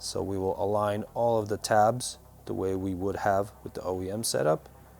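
Plastic side tail panels of a 2021+ MT-09 are handled and their tabs aligned for fitting into the undertail/tail section during a TST Industries low mount fender eliminator and full undertail install. Someone talks throughout, with brief quiet gaps between phrases. Nothing has seated or clicked yet.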